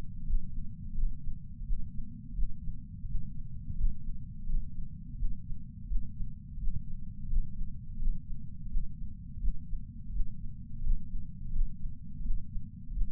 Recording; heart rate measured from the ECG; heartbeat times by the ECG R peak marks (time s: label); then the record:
heart sounds by patch sensor on the chest; 85 bpm
0.27 s: heartbeat
0.96 s: heartbeat
1.65 s: heartbeat
2.35 s: heartbeat
3.07 s: heartbeat
3.78 s: heartbeat
4.47 s: heartbeat
5.17 s: heartbeat
5.88 s: heartbeat
6.59 s: heartbeat
7.30 s: heartbeat
7.99 s: heartbeat
8.69 s: heartbeat
9.40 s: heartbeat
10.12 s: heartbeat
10.83 s: heartbeat
11.53 s: heartbeat
12.23 s: heartbeat
12.94 s: heartbeat
From the record:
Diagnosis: coronary artery disease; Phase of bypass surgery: preoperative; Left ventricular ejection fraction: 50.8%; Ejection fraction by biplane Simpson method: 50%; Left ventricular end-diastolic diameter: 50 mm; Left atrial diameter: 32 mm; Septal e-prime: 7.2 cm/s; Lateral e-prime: 9.1 cm/s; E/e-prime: 8.5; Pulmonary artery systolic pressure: 23 mmHg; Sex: male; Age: 65 years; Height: 170 cm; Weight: 65 kg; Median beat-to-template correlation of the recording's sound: 0.75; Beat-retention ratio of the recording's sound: 0.96